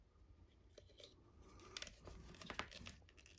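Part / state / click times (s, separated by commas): plastic stand piece into toy dinosaur figure / not seated / none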